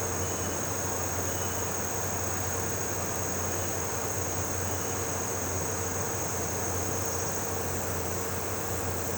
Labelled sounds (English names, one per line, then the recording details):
none
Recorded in pastures near Puerto Asís, Putumayo, Colombia, on 12 March 2025 at 17:00
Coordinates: 0.466, -76.322
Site CSA-02